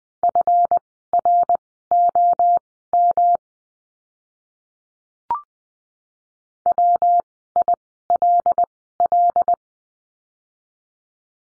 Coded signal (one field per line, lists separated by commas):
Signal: Morse code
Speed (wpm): 20 wpm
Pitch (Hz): 700 Hz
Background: none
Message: FROM WILL